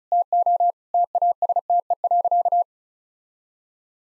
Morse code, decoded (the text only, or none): TO TASTE.